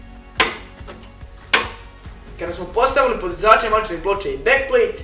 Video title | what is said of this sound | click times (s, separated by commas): Vodic za sastavljanje gaming Pc-a - 2/3 - | until you hear "click" | 0.4 s, 1.5 s